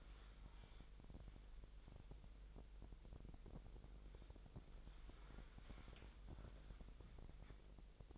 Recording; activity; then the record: daily activity, microphone in the room; wipe stove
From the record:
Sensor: 5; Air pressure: 1001.1 hPa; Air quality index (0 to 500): 247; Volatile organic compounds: 34 ppm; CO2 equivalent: 3049 ppm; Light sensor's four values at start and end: 29/66/27/25 and 30/69/28/26